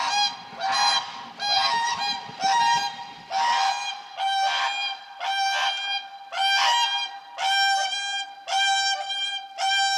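Whooper swan trumpeting, loud harmonic honks in regular bursts about once a second, with a low rumbling noise under the first four seconds.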